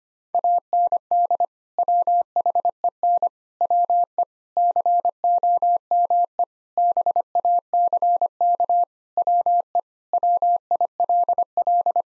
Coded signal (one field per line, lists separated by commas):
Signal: Morse code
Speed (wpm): 25 wpm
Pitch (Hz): 700 Hz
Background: none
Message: AND WHEN WE COME BACK WE WILL